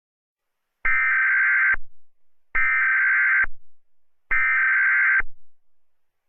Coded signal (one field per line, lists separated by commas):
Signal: Emergency Alert System (SAME) tones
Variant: header bursts